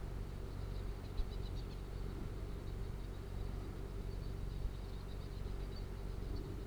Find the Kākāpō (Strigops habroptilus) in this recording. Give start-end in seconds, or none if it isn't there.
none